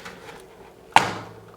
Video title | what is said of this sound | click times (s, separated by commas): pc building part 3 massive problem | there you go now it has clicked in place so i mean it's not supposed to move it | 1.0 s